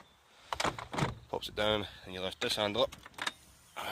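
Someone talks while handling the folding passenger-side rear seat of a Ford Tourneo Titanium van, lifting its handle to raise the seat toward its latch in the vehicle floor mount. Brief knocks sound around 0.5, 0.6 and 0.8 s and again near 3.2 and 3.3 s, amid the talking. The clip ends before the seat goes home, so nothing has seated or clicked yet.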